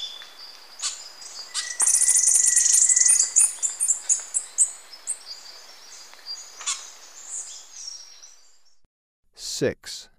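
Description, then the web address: Yellow-throated bush tanager calls: a burst of high, sharp chattering chips, then scattered thin notes fading out, ending with a brief low thump and two clicks. Recorded in Ecuador. "Birds of Ecuador. Yellow-throated Bush-Tanager"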